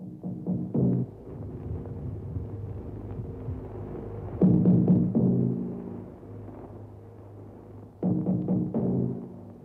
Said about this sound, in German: Dieses Trommelzeichen eröffnete stets die deutschsprachigen BBC-Sendungen. Es war das internationale Morsezeichen für den Buchstaben V, stellvertretend für das englische Wort Victory. Zugleich klang es wie der Anfang von Beethovens 5. Sinfonie.